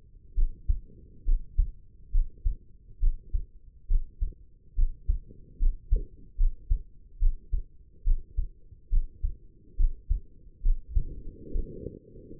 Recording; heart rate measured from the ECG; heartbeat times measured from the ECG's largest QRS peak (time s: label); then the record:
heart sounds by stethoscope; 70 bpm
0.35 s: heartbeat
1.25 s: heartbeat
2.12 s: heartbeat
3.00 s: heartbeat
3.88 s: heartbeat
4.75 s: heartbeat
5.59 s: heartbeat
6.37 s: heartbeat
7.19 s: heartbeat
8.04 s: heartbeat
8.90 s: heartbeat
9.77 s: heartbeat
10.62 s: heartbeat
11.52 s: heartbeat
From the record:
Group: healthy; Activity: rest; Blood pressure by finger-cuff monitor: 112/71 mmHg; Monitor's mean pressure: 82 mmHg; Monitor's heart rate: 69 bpm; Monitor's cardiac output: 5.6 L/min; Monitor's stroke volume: 79 mL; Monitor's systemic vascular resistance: 1090 dyn s/cm5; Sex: female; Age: 22 years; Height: 160 cm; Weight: 45 kg